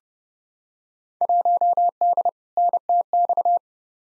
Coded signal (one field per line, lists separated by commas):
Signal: Morse code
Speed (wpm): 29 wpm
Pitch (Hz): 700 Hz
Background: none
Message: 1D NTX